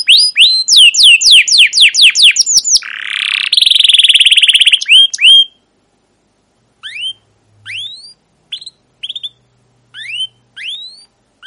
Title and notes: CUIT CUIT NGEROL GACOR PANJANG Kenari Pancingan KENAR. PANCINGAN Kenari GACOR PANJANG Cuit CUIT EMOSI MASTERAN Kenari PAUD belajar BUNYI. burung kenari